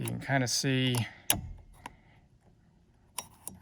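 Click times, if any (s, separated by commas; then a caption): 1.3 s. On a McLaren 12C, while MSO carbon shifter paddles are being installed, the driver airbag module in the steering wheel is pressed or struck to release its spring latch. Someone talks, then a sharp click at 1.3 s marks the latch popping free and the airbag releasing. Fainter clicks follow at about 1.9, 3.2 and 3.5 s.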